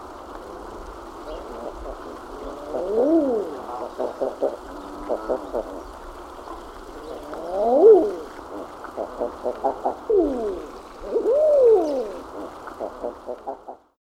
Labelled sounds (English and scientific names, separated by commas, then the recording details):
Common Eider (Somateria mollissima)
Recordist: Tembrock, Günter
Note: Balz